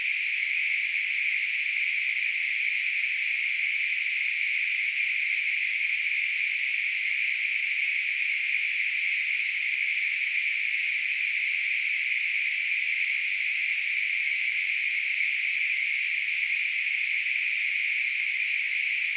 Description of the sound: Tinnitus.